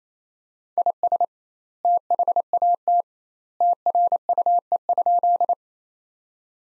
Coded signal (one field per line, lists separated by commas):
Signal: Morse code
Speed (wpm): 28 wpm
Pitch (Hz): 700 Hz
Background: none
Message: IS THAT TRUE?